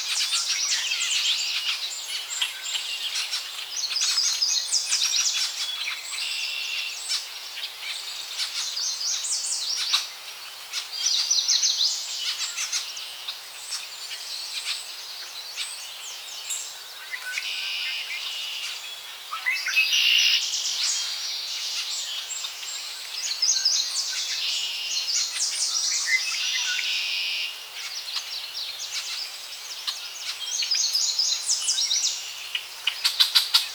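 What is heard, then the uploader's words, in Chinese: Early-morning birdsong fills a forest, with many birds chirping and trilling at once in a dense, bright chorus. The calls overlap continuously, swelling around the middle and near twenty seconds, while nothing low sits underneath, only a thin airy hiss. 清晨丛林间的鸟叫_加拿大魁北克沙特圭。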